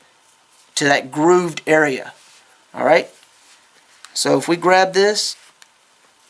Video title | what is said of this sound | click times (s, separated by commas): HAZER No Tie Shoelaces Comfortable Elastic Shoe Laces for Sneakers PIP 4 shortened | and pull, it pops right into place, so you can see, and that's | 5.6 s